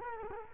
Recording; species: mosquito wingbeat signal from an infrared sensor; Culex quinquefasciatus